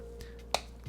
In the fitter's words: there you go hear that click just press there you go